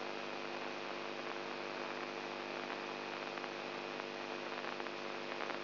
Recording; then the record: brain microelectrode recording played as sound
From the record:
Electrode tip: inside the subthalamic nucleus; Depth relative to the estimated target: 1 mm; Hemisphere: right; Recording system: AlphaMap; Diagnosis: Parkinson's disease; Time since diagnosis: 20 years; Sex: female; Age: 64 years